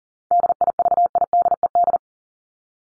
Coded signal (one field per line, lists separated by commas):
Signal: Morse code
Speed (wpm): 40 wpm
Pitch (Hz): 700 Hz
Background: none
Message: DIVIDED